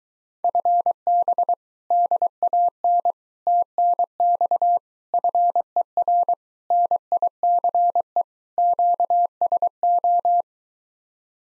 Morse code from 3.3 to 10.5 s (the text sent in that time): TNX FER NICE QSO